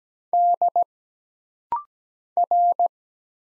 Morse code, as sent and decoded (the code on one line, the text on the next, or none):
-.. / .-.
D R